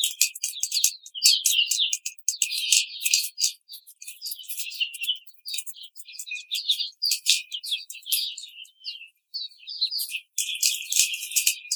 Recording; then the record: young laying hens in a cage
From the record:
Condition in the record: treatment cage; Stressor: simulated dog barking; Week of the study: 5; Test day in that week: 1